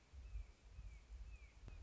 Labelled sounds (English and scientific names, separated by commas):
Red-shouldered Hawk (Buteo lineatus)